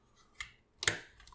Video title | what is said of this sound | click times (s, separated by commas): Nemesis Reviews Transformers War for Cybertron: Siege Ultra Magnus | that up flip the head out click it back into place | 0.8 s, 0.9 s